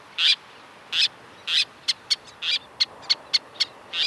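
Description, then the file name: Least tern uttering high, grating kit notes, some longer and some clipped short, in a fast uneven series. "Golosa ptic - Karlikovaya krachka Sternula antillarum"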